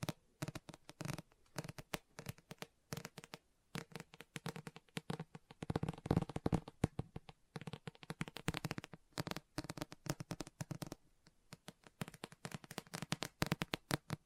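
A book is tapped and scratched in quick, irregular bursts of crisp clicks, with a denser flurry around six to seven seconds.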